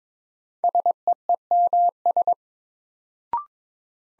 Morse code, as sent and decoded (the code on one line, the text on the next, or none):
... . . -- ...
SEEMS